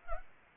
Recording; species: mosquito wingbeat signal from an infrared sensor; Culex pipiens